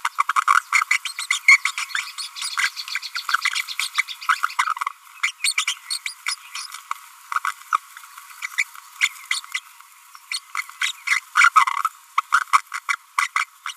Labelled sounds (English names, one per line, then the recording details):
Green-rumped Parrotlet babbling
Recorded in a nest box in Venezuela
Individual 18B25A3